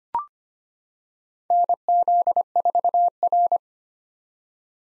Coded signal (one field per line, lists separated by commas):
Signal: Morse code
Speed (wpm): 25 wpm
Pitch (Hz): 700 Hz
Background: none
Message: NZ4R